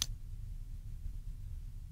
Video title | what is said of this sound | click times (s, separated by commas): Thay bàn phím laptop hp 630 630s | lower the front edge of the battery until it clicks into place | 0.0 s